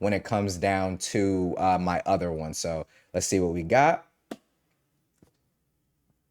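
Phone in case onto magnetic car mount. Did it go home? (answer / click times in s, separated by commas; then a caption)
yes / 4.3 s. Someone talks, then a Google Pixel 9 Pro XL in a Thinborne aramid fiber case is placed onto a Vixie magnetic car mount with a rubber face that is starting to warp. The case snaps on with a single sharp click at 4.3 s, followed by a couple of faint ticks. The phone seats firmly and holds very strongly on the mount.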